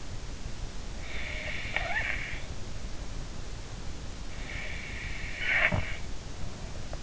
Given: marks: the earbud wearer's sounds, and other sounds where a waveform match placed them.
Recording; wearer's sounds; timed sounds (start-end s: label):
sounds in sleep by an in-ear microphone; snoring breath
0.81-2.56 s: snoring breath
4.51-6.17 s: snoring breath